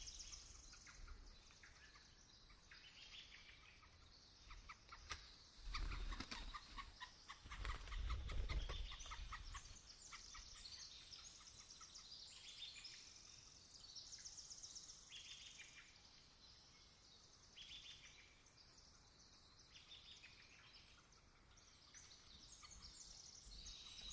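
Dawn chorus in the Olympic forest: many birds sing at once in a dense, bright layer of chirps and trilling phrases throughout. Between about five and nine seconds a burst of louder, rougher sounds with low thumps rises above the song, then the chorus settles back.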